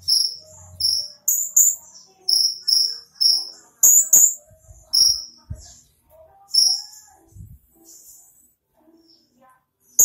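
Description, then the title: Small bird giving a burst of quick, high chirps over the first five seconds, then one more note before falling quiet. "Burung Kecil"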